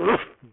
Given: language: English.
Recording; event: throat vibration sensor signal played as sound; cough